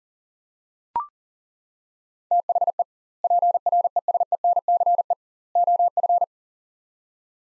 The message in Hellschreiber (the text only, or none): none